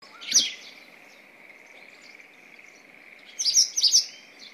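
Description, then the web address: White wagtail calls with a quick chirp, then a cluster of lively twittering notes, while a constant insect-like hum continues underneath. "izumino saunndo hakusekirei"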